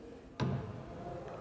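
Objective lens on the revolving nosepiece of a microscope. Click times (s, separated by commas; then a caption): 0.4 s. The revolving nosepiece of a compound microscope is turned until the next objective lens reaches its working position, and the detent engages with a sharp click at 0.4 s. The click rings briefly in the low range over a faint steady background hum, leaving the objective lens seated in place.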